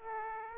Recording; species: mosquito wingbeat signal from an infrared sensor; Aedes aegypti